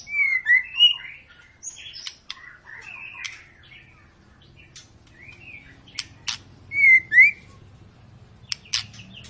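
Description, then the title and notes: White-rumped shama singing short bursts of rich warbled whistles separated by pauses, with crisp clicks and snapping notes between phrases. Long lure recording of a murai batu singing actively ('gacor'), used to prompt other birds to sing. "Pancingan Murai Batu Gacor Panjang. muraiku"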